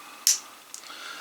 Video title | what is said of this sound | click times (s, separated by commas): RDLG Déballage d'une pince multiusages de marque Wuwrll, 16 fonctions. | Vous entendez le clic? | 0.3 s